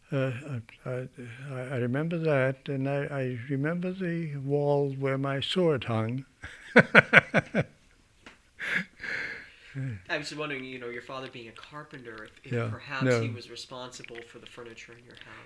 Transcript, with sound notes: I, I remember that. And I remember the wall where my sword hung. (he laughs)
I was just wondering, you know, your father being a carpenter, I was wondering, if perhaps he was responsible for the furniture in your house.